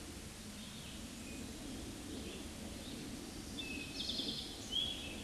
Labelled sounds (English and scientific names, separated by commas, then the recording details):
Eastern Towhee (Pipilo erythrophthalmus) song
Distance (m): 45 m
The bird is about 5 m above the microphone
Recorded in a Pennsylvania forest on 16 May 2024 at 09:47
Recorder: AudioMoth, point MSD-2376
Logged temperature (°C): 16.7 °C
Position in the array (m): 106 m, 8 m